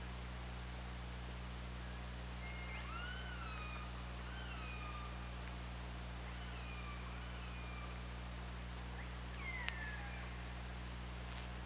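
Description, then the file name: Killer whale calls: a series of short tonal sweeps, some rising and some falling, spread over about eight seconds, above a steady low hum and hiss. Recorded by the OrcaLab hydrophone on 24 August 2017 at 20:43. "Orca Lab 20170824 204355"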